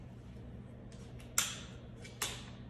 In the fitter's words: and if you are running there is a tab underneath you will hear it click cck